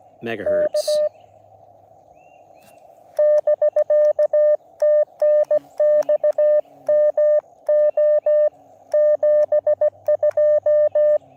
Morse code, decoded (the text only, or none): K <BK> TNX MO 72